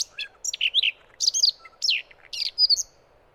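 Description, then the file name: Siberian rubythroat song: a rapid, varied jumble of high whistles, chirps and slurred notes, delivered in short bursts with brief gaps. "Rubinkehlchen"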